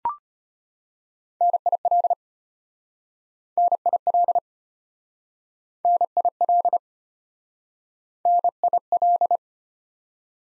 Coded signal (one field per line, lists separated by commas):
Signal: Morse code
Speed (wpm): 33 wpm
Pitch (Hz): 700 Hz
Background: none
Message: NIL NIL NIL NIL